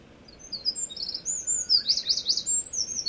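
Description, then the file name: Eurasian wren singing a brisk, high-pitched outpouring of twittering notes that builds into a loud rapid trill. "misosazai"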